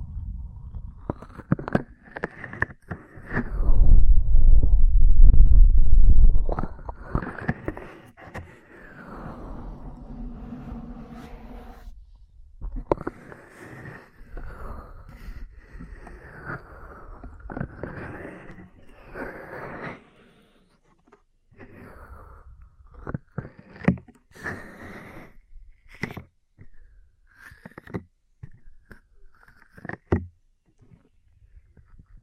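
Close, soft rubbing and tapping from an ear cleaning and massage session, with smooth swishing strokes that rise and fall in pitch. A heavy, muffled rumble swells from about 3 to 7 seconds, then gentle scrapes and sharp taps continue until near-silent pauses around 20 seconds.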